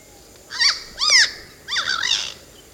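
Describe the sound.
Bird calls: a pair of rough, arched notes followed by a longer, buzzy, wavering call, against light background hiss.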